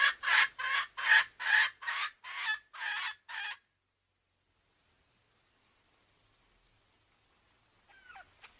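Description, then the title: Junglefowl clucking: a series of harsh, regularly spaced notes, then quiet background with a faint short chirp near the end. Female. "Suara Ayam Hutan Betina"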